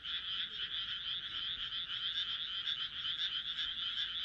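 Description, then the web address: Frogs calling together in a dense, continuous trilling chorus, the croaks blurring into an unbroken, slightly wavering drone. "kaeru kaeru"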